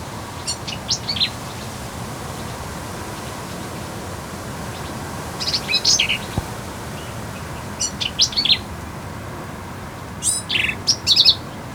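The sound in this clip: Black-capped vireo song: four short, jumbled phrases of squeaky, chattering high notes, separated by pauses, over a steady background hiss.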